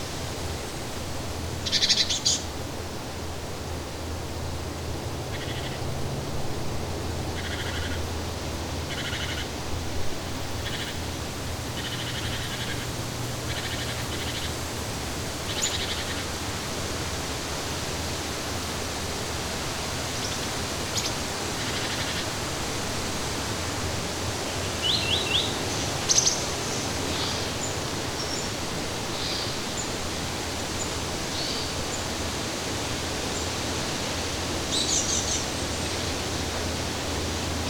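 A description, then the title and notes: Dense, steady rainforest hiss with brief bright bird or insect chirps scattered throughout, and a low rumble fading in the first twelve seconds. The Comforting Sounds of the Rainforest.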